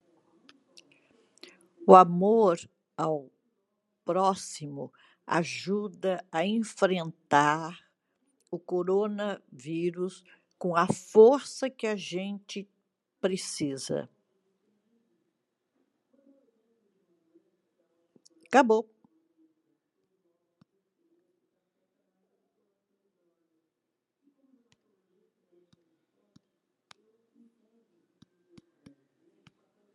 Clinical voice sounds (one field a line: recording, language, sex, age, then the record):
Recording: spoken sentence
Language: Brazilian Portuguese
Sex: female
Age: 80 to 89 years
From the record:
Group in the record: control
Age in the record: 85 years